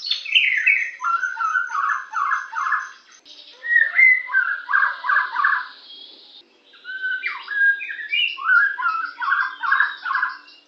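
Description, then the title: White-rumped shama song: varied phrases of whistled and slurred notes, rich rapid runs in groups, with a pause midway before another burst of warbling. "murai batu"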